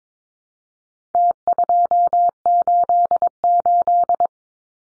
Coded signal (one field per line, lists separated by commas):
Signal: Morse code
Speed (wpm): 22 wpm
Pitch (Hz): 700 Hz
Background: none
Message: T288